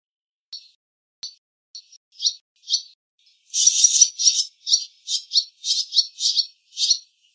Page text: ツバメの鳴き声